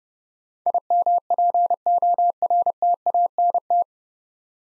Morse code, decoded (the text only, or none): IMPORTANT